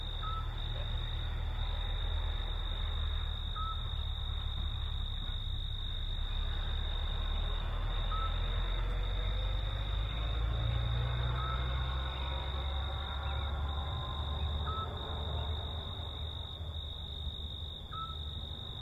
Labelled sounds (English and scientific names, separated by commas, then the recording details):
Eurasian Scops Owl (Otus scops) song
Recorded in the wild
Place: Vasilikos, Zakynthos, Ionien Islands, GR
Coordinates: 37.7175, 20.9817
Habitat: olive grove
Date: 2012-07-02
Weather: 25°C, clear, almost windless
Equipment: Sound Devices 702, Sennheiser MKH 415 T, Rhode Windschutz
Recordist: Frommolt, Karl-Heinz